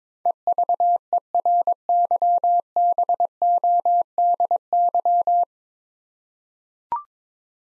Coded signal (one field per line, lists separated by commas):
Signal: Morse code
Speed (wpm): 22 wpm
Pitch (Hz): 700 Hz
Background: none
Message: EVERYBODY